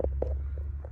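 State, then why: Not seated. An electrical plug is handled at the steering column lock module of a Holden VF, with two tabs lined up inside the plug. Two short, soft knocks land at about 0.1 s and 0.2 s over a steady low hum. Nothing has seated or clicked into place yet.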